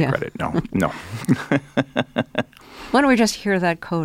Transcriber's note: laughter